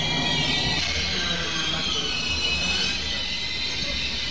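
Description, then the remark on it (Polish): An Express Intercity Premium train bound for Kraków Główny pulls into Warszawa Wschodnia station on track two. It grinds and squeals as its brakes bite, high shrill whining tones riding over a steady, loud metallic rumble that holds for several seconds without voices. “Ale zgrzyta i piszczy, przyznają państwo.”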